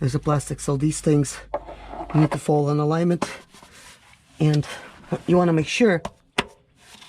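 A transmission fluid filter with its seal is lined up with the metal locating hole and the plastic guide in the valve body of a T1N Sprinter, then pushed in while someone talks. It seats with a single sharp click at 6.4 s and now sits nicely solid, which matters because a filter that drops down causes problems.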